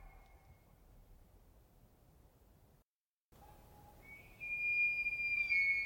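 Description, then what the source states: Roosevelt elk bugle: faint tones, a brief silence, then a call that starts low and jumps into a loud, sustained high whistled scream over a steady background wash. Roosevelt elk (Rainforest or Olympic elk) bull bugle, multi-toned call rising to a scream, used in rut for dominance and attracting mates; Queets and Quinault rainforest valleys, late September 2023.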